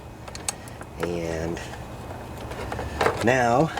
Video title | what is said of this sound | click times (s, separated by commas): Common Craftsman 42" deck CABLE - HOW TO REPLACE FIX REPAIR REMOVE a Broken Blade engagement cable | until it clicks it just clicked | 0.5 s